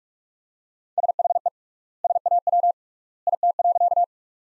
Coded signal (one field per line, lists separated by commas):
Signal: Morse code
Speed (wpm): 41 wpm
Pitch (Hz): 700 Hz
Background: none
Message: SHE SAW IT.